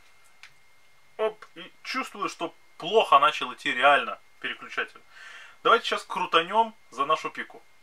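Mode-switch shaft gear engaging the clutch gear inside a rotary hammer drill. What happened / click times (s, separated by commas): Handled, not yet home: the gear has not yet clicked into mesh / none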